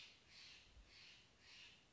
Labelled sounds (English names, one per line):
Steller's Jay